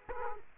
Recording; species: mosquito wingbeat signal from an infrared sensor; Culex quinquefasciatus